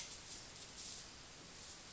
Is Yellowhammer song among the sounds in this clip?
no